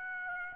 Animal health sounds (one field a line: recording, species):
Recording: mosquito wingbeat signal from an infrared sensor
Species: Aedes aegypti